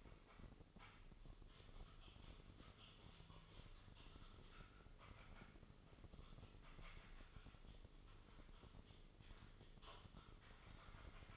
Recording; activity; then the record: daily activity, microphone in the room; typing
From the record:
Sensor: 4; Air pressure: 996.0 hPa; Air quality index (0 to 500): 64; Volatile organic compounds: 2 ppm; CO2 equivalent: 1142 ppm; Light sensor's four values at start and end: 14/38/14/14 and 14/38/14/14